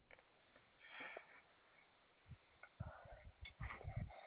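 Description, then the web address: Koala giving rapid, low, grunting pulses in a snorting series after a few breathy sniffs, becoming quicker and denser toward the end. File dated 15 May 2022, 11:23 AM. "Koala CS HMCrecordings 5 15 2022"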